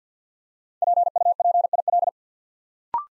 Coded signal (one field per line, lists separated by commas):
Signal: Morse code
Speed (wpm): 49 wpm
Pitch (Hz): 700 Hz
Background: none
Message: PUPIL